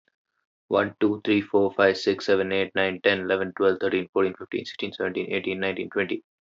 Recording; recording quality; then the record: counting at a fast pace; excellent, no background noise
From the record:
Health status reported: healthy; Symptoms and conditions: none ticked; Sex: male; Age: 23 years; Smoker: not ticked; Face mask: not worn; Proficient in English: yes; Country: India